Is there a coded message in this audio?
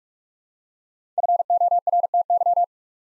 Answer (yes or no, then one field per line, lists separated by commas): yes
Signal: Morse code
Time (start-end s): 1.2-2.6 s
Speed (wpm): 44 wpm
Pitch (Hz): 700 Hz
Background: none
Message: FORTY